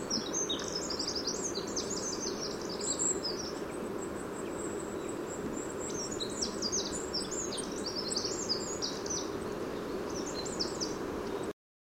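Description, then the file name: Eurasian wren song, fast bursts of high chattering trills that pause midway and resume, over steady low-pitched background noise. "Troglodytes troglodytes"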